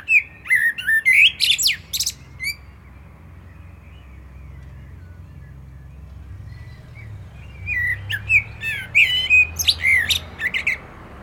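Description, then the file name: Common blackbird song: a whistled phrase with a squeaky ending, a quiet pause of several seconds, then another warbling, twittering phrase. "Turdus merula"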